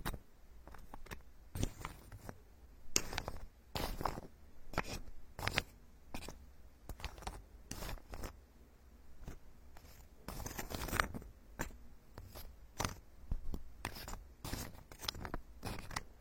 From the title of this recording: Tree Ear Picking Supreme Spa Ear Massage